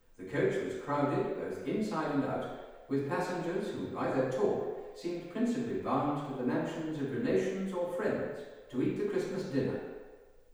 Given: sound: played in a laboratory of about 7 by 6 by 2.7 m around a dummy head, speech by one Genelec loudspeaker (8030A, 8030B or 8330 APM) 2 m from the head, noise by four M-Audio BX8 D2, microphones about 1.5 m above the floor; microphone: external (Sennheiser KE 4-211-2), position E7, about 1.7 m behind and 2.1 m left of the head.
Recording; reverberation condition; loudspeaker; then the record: male speech in English; high; 90 degrees to the right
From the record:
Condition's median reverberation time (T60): about 1300 ms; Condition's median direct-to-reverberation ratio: about -4.0 dB